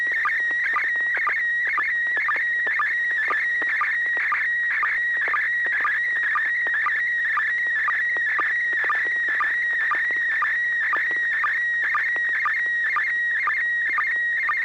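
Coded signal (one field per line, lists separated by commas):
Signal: SSTV (slow-scan television)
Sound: continuous warbling whistle near 2 kHz with short lower blips about twice a second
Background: radio hiss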